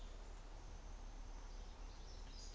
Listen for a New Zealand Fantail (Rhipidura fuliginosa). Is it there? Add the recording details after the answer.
no. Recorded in New Zealand on 24 December 2018. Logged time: 13:05